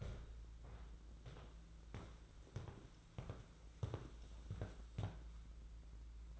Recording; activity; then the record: daily activity, microphone in the room; walk to room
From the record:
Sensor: 3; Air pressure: 992.0 hPa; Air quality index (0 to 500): 225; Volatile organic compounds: 1000 ppm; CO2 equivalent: 7753 ppm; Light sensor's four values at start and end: 26/77/31/26 and 13/40/16/14